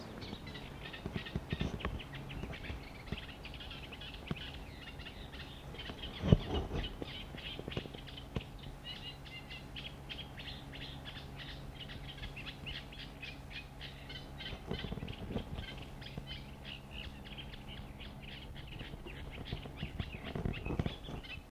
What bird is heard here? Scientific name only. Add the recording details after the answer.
Acrocephalus schoenobaenus. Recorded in the wild. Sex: male. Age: adult. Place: Krakow am See, Mecklenburg-Vorpommern, DE. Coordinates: 53.6508, 12.2675. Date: 1963-06-26 23:00. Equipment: Reporter R 26. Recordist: Neubauer, Axel. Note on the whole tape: Gesang